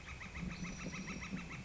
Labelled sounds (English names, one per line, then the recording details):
Northern Flicker
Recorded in Sonoma County, California